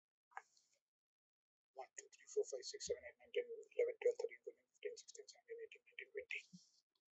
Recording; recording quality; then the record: counting at a fast pace; excellent, no background noise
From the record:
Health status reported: COVID-19 positive, moderate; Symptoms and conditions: cough, cold, breathing difficulty, sore throat, fever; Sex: male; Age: 51 years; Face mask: worn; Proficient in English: yes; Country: India